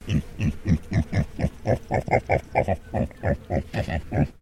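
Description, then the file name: Pig (Tamworth): a steady run of short, deep, rough grunts, roughly four per second. Tamworth breed pig, a single animal, recorded giving a sequence of grunts. "PIG TAMWORTH HAMISH"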